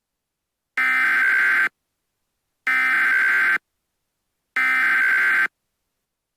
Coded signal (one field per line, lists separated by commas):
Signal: Emergency Alert System (SAME) tones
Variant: header bursts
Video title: EAS Scenario #18: Corrosiva: The Blue-Green Goo